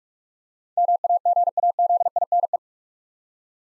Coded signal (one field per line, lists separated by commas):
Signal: Morse code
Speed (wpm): 44 wpm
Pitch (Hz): 700 Hz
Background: none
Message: MAGAZINE